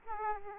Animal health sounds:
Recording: mosquito wingbeat signal from an infrared sensor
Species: Aedes aegypti

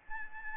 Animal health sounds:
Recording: mosquito wingbeat signal from an infrared sensor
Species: Aedes albopictus

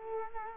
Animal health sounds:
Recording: mosquito wingbeat signal from an infrared sensor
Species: Culex quinquefasciatus

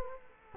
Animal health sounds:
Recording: mosquito wingbeat signal from an infrared sensor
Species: Culex quinquefasciatus

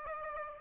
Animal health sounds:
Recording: mosquito wingbeat signal from an infrared sensor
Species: Aedes aegypti

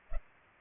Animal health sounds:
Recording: mosquito wingbeat signal from an infrared sensor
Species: Culex pipiens

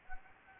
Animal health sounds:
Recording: mosquito wingbeat signal from an infrared sensor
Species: Anopheles gambiae

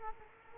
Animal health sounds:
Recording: mosquito wingbeat signal from an infrared sensor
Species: Culex quinquefasciatus

